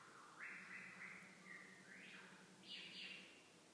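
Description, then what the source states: Lyrebird song: sweeping, slurred phrases that rise and fall, over a steady low hum. Recorded 25 April 2021.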